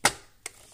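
A second plastic wing is fitted onto the body of a toy flying vehicle, going in without force. It snaps into place with a sharp click at 0.05 s, followed by a fainter tick at 0.46 s, and the wing is seated, fitting together easily and feeling solid.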